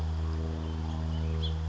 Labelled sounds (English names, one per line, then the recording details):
House Finch
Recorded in Sonoma County, California